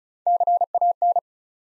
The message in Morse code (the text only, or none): CAN